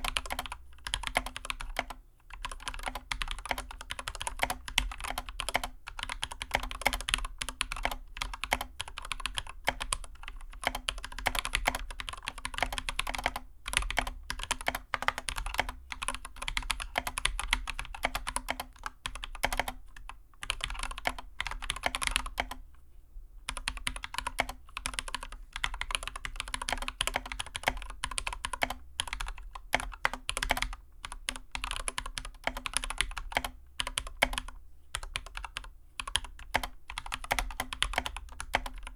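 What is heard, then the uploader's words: Keyboard typing runs through the whole clip: dense, fast, crisp key clicks, with brief pauses near two and twenty-three seconds. A low steady hum sits underneath throughout. Keyboard typing ASMR, using lubed glorious pandas on a GK61x board.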